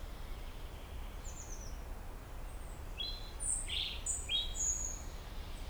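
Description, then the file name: European robin song: a thin descending trill, a pause, then a burst of varied high whistles and warbles over low background noise. "Erithacus rubecula"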